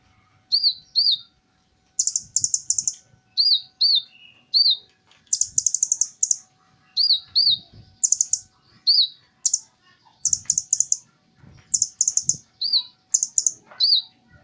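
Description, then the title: Small bird singing: rapid high buzzy bursts alternate with single or paired slurred, arched chirps, repeated many times throughout. "Burung Kecil"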